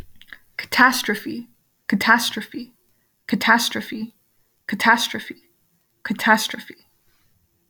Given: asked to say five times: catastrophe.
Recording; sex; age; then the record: repeated word; female; 20 to 29 years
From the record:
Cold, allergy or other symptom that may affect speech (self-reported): no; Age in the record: 21 years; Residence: Texas, United States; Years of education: 15